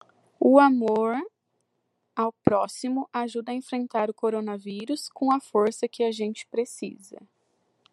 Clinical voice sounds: spoken sentence; Brazilian Portuguese; female; 20 to 29 years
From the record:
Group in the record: control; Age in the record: 26 years

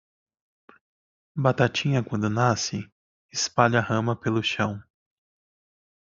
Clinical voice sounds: short text; Brazilian Portuguese; male; 30 to 39 years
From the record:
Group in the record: control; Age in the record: 31 years

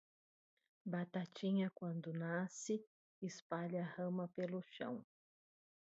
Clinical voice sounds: short text; Brazilian Portuguese; female; 40 to 49 years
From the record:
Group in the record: control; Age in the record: 45 years

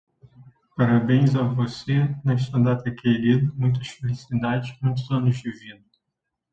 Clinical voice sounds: short text; Brazilian Portuguese; male; 30 to 39 years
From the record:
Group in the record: control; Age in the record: 35 years

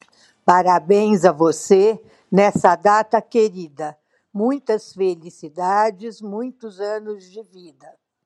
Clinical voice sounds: short text; Brazilian Portuguese; female; 70 to 79 years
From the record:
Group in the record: control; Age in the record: 71 years

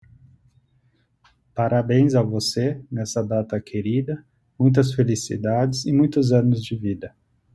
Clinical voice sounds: short text; Brazilian Portuguese; male; 30 to 39 years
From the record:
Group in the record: control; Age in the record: 35 years

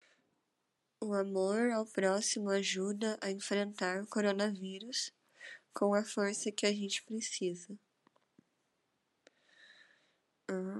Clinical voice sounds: spoken sentence; Brazilian Portuguese; female; 20 to 29 years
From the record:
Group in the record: control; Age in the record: 23 years

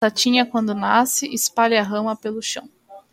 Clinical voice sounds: short text; Brazilian Portuguese; female; 20 to 29 years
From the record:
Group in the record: control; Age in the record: 24 years

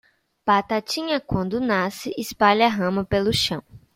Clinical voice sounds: short text; Brazilian Portuguese; female; 20 to 29 years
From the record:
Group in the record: control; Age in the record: 22 years

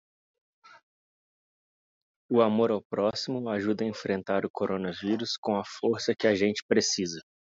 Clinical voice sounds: spoken sentence; Brazilian Portuguese; male; 20 to 29 years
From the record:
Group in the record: control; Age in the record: 27 years

